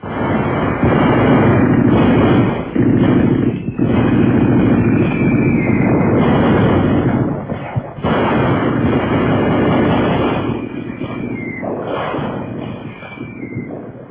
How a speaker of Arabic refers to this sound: فتنطلق في السماء تلك الوحوش الطائرة المدمرة، أصحابها زغاريد طلقات نيران ذلك الرجل الرهيب قائد المدفعية.